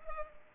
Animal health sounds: mosquito wingbeat signal from an infrared sensor; Culex pipiens

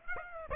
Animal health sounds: mosquito wingbeat signal from an infrared sensor; Aedes aegypti

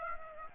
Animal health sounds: mosquito wingbeat signal from an infrared sensor; Aedes aegypti

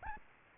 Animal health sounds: mosquito wingbeat signal from an infrared sensor; Aedes albopictus

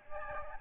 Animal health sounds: mosquito wingbeat signal from an infrared sensor; Aedes albopictus

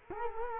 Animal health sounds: mosquito wingbeat signal from an infrared sensor; Culex quinquefasciatus

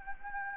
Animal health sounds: mosquito wingbeat signal from an infrared sensor; Anopheles gambiae

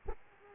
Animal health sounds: mosquito wingbeat signal from an infrared sensor; Aedes aegypti

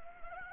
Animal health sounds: mosquito wingbeat signal from an infrared sensor; Anopheles gambiae

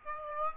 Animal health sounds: mosquito wingbeat signal from an infrared sensor; Aedes aegypti

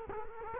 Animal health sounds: mosquito wingbeat signal from an infrared sensor; Culex quinquefasciatus

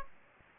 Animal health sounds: mosquito wingbeat signal from an infrared sensor; Aedes aegypti

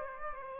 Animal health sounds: mosquito wingbeat signal from an infrared sensor; Aedes aegypti

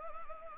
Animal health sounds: mosquito wingbeat signal from an infrared sensor; Anopheles arabiensis

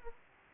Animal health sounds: mosquito wingbeat signal from an infrared sensor; Aedes aegypti

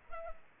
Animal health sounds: mosquito wingbeat signal from an infrared sensor; Culex pipiens

